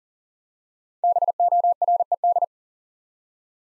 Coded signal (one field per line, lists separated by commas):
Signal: Morse code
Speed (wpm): 39 wpm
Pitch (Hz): 700 Hz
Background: none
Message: BORED